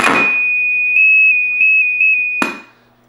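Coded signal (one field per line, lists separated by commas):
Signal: Quindar tones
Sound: loud continuous high tone near 2.5 kHz, shifting slightly in pitch several times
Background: clicks at start and end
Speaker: So if I go to the continuous signal, warning it's loud! [loud continuous tones]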